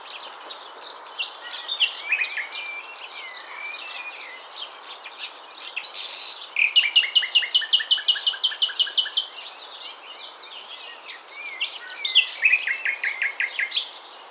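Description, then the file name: Common nightingale singing varied phrases of chirps, slurs and short trills, including two bursts of rapid, evenly repeated loud notes with sharp high tops. "Luscinia megarhynchos"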